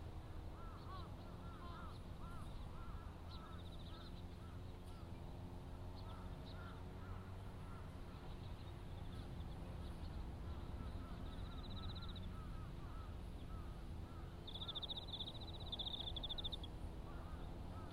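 Grass is being cut in a sweet potato field, with a steady, low engine drone running unchanged for the whole clip. Birds call repeatedly in the background, and thin high whines appear briefly near 4 and 12 seconds and again from 15 to 17 seconds.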